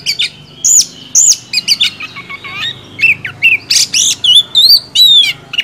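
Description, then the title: Oriental magpie-robin song: a rapid, varied run of sweet whistles, chirps and slurred notes, some rising and some falling, delivered almost without pause. Indonesian songbird training (masteran) recording of an oriental magpie-robin, described as a first-place champion. "Masteran Kacer Juara 1"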